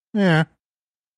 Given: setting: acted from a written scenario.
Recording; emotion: vocal sound without words; neutral